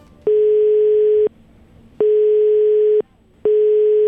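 A telephone dial tone before a call sounds in three long, steady, mid-pitched beeps, each about a second, separated by brief silences. No one speaks.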